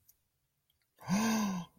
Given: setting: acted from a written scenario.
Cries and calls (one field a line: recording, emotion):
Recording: vocal sound without words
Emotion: awe